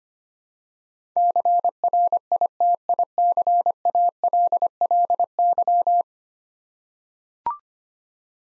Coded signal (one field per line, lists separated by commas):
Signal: Morse code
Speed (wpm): 25 wpm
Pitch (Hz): 700 Hz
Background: none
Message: CRITICALLY